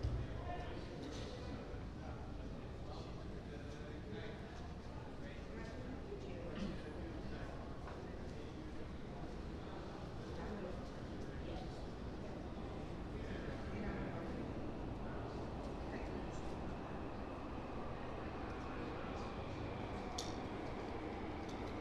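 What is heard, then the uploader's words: Waiting for the metro in Rotterdam: a steady, dense murmur of voices and low rumble fills the whole stretch without letup. Scattered clicks and brief footstep-like taps come and go, and a faint high tone rises near the end. Metro Rotterdam Coolhaven - Schiedam Centrum.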